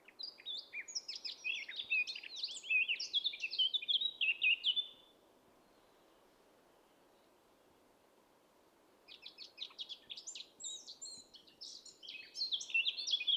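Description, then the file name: Eurasian blackcap song in two bursts of quick, jumbled high warbling separated by a few seconds of quiet, with steady background noise. "Sylvia atricapilla"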